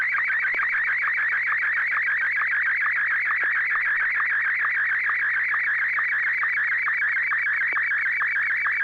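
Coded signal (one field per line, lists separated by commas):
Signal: SSTV (slow-scan television)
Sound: continuous warbling, chirping tone with rapid regular ticks, steady level throughout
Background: low steady hum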